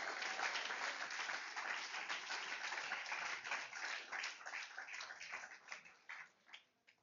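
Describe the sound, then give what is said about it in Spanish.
A church audience applauds the Lord in a dense, steady wash of many hands clapping, holding strong for several seconds before thinning out and fading into scattered final claps. “Le da un aplauso al Señor.”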